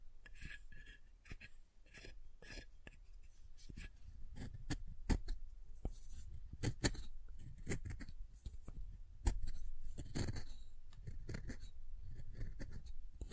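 Soap is tapped and carved in a steady run of short, crisp clicks and scrapes, packed closely with little pause. Several sharper, louder taps stand out, near 5 and 9 seconds. Soft scratchy strokes fill the gaps, with a faint low rumble underneath.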